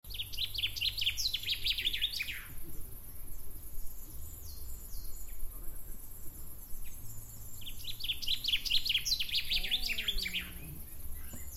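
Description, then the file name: Common chaffinch singing two bright, descending trilled phrases, each ending in a quick flourish, separated by a pause, over a low steady hum. "Fringilla coelebs"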